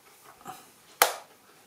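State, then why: Seated. A piece of the tripod stand for a Samsung Odyssey G9 curved PC monitor is slid gently back into the monitor's foot. A faint, soft scrape comes at about 0.5 s, then a single sharp click at 1.0 s as the piece seats in place, ready to be locked.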